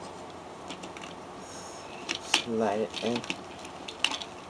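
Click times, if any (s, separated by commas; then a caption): 4.1 s. Someone talks while sliding the second plastic arm part of a FanProjects City Commander Ultra Magnus upgrade kit figure onto its shoulder peg, with a few faint taps and rubbing sounds of plastic handling. The part clicks home with a sharp snap at 4.1 s and is seated.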